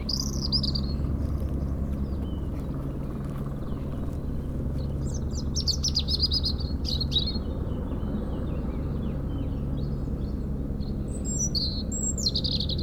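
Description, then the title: European robin song: scattered high, tinkling and slurred notes spread throughout, with a steady low helicopter drone beneath. Singing in a hedge near Lac du Bourget, Brison-Saint-Innocent, France, during helicopter lifting work on the Colombière cliff, engine sound echoing off Mont Corsuet; Zoom H4n Pro placed vertically on ground. "4 Chem. de la Pointe Forestier, Brison-Saint-Innocent, France - Duo rouge-gorge hélicoptère"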